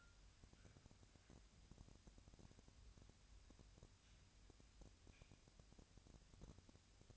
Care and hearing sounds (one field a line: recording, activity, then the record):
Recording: daily activity, microphone in the room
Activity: wipe stove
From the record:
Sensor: 2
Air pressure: 1006.9 hPa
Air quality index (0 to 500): 198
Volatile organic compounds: 13 ppm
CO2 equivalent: 2430 ppm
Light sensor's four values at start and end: 10/24/10/10 and 10/23/10/10